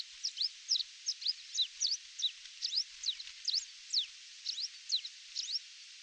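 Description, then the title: Long-tailed reed finch giving rapid, high, sharp chip notes in a steady series over a faint hiss. "LuckyPassaro Completos2Sama. Long-tailed Reed Finch (Donacospiza albifrons)"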